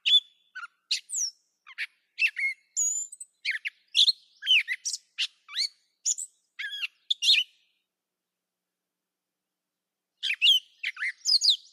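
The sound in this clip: Catbird delivering a rambling series of varied squeaks and whistled slurs, then falling silent for about three seconds before resuming the jumbled phrases.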